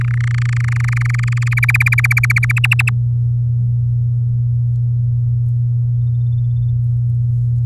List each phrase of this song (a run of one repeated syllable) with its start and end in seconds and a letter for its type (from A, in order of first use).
0.01-1.54 A, 1.57-2.52 B, 2.56-2.90 C